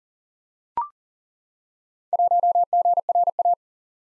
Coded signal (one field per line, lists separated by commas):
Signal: Morse code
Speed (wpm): 39 wpm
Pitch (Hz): 700 Hz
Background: none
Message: 1GRA